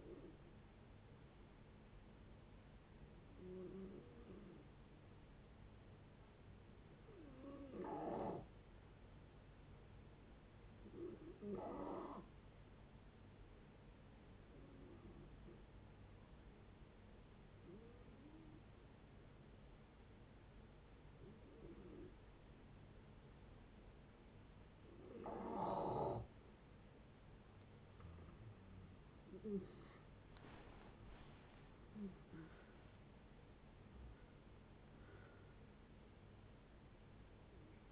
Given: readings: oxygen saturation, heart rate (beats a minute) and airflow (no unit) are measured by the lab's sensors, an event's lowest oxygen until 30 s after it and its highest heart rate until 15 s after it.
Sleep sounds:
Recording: breathing in sleep by a voice recorder at the bedside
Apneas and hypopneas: 1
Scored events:
5.00-27.20 s: hypopnea (N2, oxygen 95% highest, then 85% lowest, heart rate 58 at the start, 79 highest)
19.00-37.91 s: new sleep stage, N1 (lightest sleep)
From the record:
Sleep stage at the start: N2 (light sleep)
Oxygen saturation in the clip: 87 to 95%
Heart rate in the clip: 56 to 79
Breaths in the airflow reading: 10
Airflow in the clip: -12.9 to 15.9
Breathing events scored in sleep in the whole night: 496 in 5.4 hours asleep

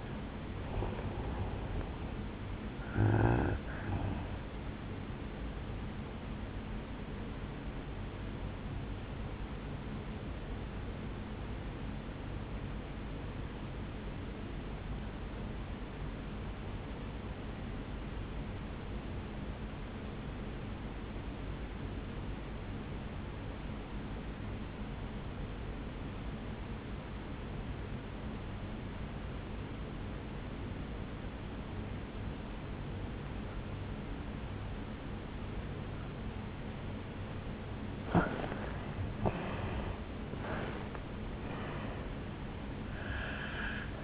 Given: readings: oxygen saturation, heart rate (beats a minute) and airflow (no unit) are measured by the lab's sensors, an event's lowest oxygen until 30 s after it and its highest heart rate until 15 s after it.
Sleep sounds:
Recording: breathing in sleep by a voice recorder at the bedside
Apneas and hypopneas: 1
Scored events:
9.00-39.70 s: obstructive apnea (N1, oxygen 98% highest, then 83% lowest, heart rate 61 at the start, 76 highest)
21.00-44.04 s: new sleep stage, N2 (light sleep)
From the record:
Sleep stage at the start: N1 (lightest sleep)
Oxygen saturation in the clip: 84 to 98%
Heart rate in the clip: 59 to 78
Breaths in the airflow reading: 4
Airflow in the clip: -12.6 to 11.5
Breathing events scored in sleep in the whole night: 449 in 7.0 hours asleep

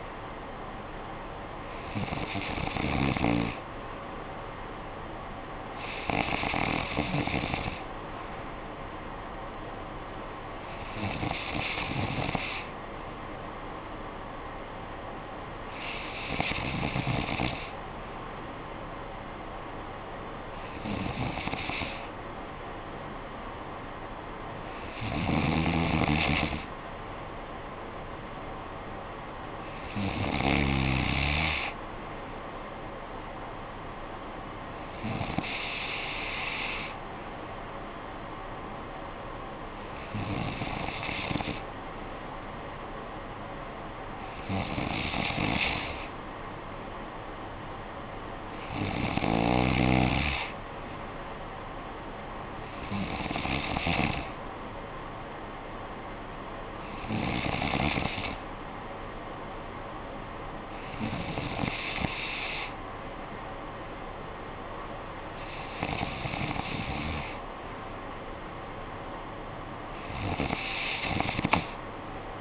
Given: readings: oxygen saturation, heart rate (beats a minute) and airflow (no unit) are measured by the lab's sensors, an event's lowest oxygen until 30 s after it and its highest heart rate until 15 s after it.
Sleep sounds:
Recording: breathing in sleep by a voice recorder at the bedside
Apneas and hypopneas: none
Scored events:
none scored
From the record:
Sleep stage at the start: N3 (deep sleep)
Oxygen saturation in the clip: 94%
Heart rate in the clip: 54 to 61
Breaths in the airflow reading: 16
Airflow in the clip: -9.8 to 6.1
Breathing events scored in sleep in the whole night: 445 in 7.6 hours asleep

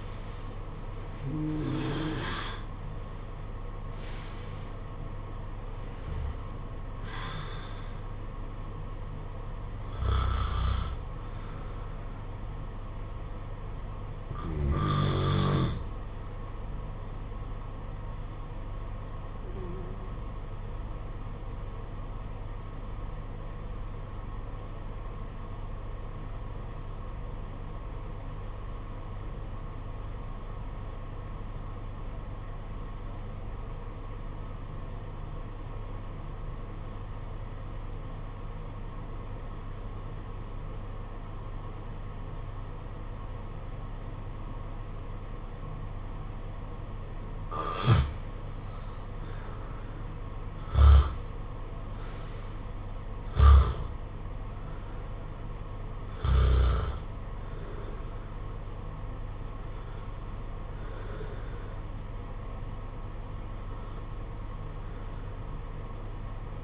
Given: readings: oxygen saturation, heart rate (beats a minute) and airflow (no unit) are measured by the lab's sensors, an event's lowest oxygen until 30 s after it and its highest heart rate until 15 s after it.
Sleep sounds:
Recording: breathing in sleep by a smartphone at the bedside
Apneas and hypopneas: 1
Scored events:
23.00-47.40 s: obstructive apnea (N1, oxygen 95% highest, then 79% lowest, heart rate 46 at the start, 68 highest)
From the record:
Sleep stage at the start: N1 (lightest sleep)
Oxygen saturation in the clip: 77 to 95%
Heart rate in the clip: 46 to 75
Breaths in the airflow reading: 11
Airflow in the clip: -14.5 to 14.1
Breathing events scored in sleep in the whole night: 476 in 9.7 hours asleep

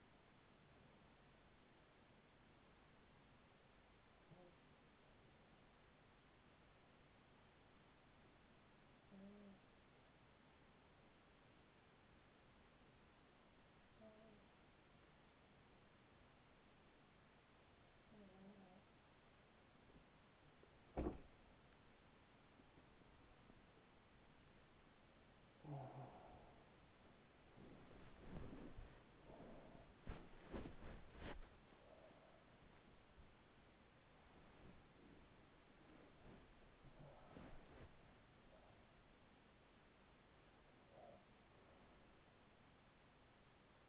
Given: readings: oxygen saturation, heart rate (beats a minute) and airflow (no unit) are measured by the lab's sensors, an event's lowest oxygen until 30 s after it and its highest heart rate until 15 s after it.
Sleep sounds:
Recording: a person awake in a sleep study, by a voice recorder at the bedside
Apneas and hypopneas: 1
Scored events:
9.00-28.30 s: hypopnea (N1, oxygen 94% highest, then 94% lowest, heart rate 43 at the start, 74 highest)
14.00-43.89 s: new sleep stage, awake
21.00-43.89 s: awake
From the record:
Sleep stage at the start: N1 (lightest sleep)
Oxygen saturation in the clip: 94%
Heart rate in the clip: 42 to 74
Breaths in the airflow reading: 10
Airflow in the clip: -10.9 to 10.8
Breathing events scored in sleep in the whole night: 207 in 7.6 hours asleep

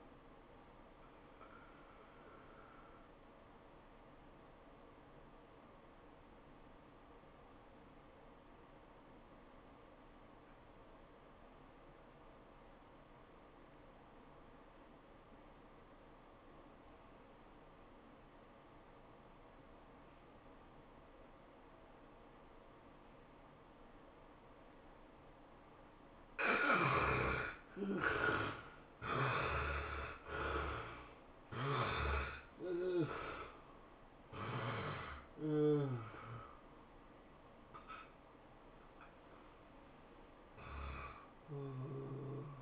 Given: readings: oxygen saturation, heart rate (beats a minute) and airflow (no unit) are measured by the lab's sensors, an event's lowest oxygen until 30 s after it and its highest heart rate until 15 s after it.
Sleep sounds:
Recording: breathing in sleep by a voice recorder at the bedside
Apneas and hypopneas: 1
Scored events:
7.00-37.00 s: new sleep stage, N2 (light sleep)
8.00-26.10 s: obstructive apnea (N2, oxygen 96% highest, then 72% lowest, heart rate 94 at the start, 105 highest)
37.00-42.62 s: new sleep stage, N1 (lightest sleep)
From the record:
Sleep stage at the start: N1 (lightest sleep)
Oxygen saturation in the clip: 72 to 96%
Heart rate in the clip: 76 to 108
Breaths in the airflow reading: 6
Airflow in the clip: -16.8 to 13.2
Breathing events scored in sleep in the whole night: 403 in 5.5 hours asleep

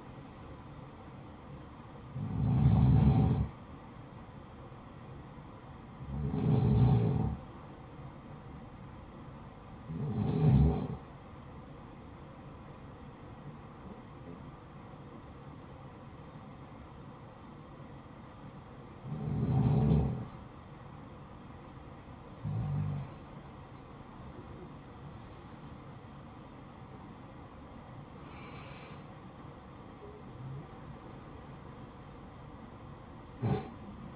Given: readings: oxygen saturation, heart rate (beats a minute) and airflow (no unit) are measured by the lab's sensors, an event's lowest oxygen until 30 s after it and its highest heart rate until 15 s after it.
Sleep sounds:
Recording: breathing in sleep by a smartphone at the bedside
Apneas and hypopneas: none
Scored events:
none scored
From the record:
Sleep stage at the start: REM sleep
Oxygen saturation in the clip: 86 to 94%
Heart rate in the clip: 57 to 78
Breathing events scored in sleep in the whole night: 573 in 9.8 hours asleep

